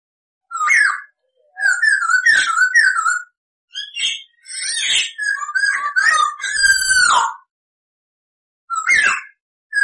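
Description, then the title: Masked laughingthrush song: loud whistled and chattering phrases with slurred notes, delivered in bursts separated by short pauses. Training recording for cage birds. "MASTERAN AMPUH SUARA BURUNG POKSAY HONGKONG GACOR 1"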